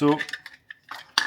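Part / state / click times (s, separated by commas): fixed-blade knife into kydex sheath / seated / 1.2 s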